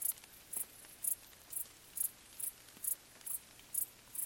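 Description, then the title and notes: Cricket chirping in high, brief pulses roughly every half second, with faint drips of rain behind. Crickets stridulating late on a summer night in gentle rain falling on vegetation, along an abandoned railway track in Bad Boll, Baden-Württemberg, nearby village silent. "Crickets in gentle summer rain. crickets stridulating late at night whilst gentle summer rain falls on the surrounding vegetation. abandoned railway track in Bad Boll, Baden-Württemberg. Colin Hunter. Music for Sleep"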